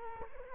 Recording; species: mosquito wingbeat signal from an infrared sensor; Culex quinquefasciatus